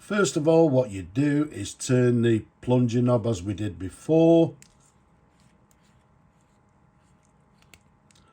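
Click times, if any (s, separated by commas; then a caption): 7.7 s. Someone talks for the first few seconds, then the knob at the end of a piston-style Sheaffer Snorkel fountain pen is turned to unlock and extend the snorkel filler tube from the barrel. After a near-silent stretch of faint ticks, a small sharp click at 7.7 s marks the snorkel tube releasing.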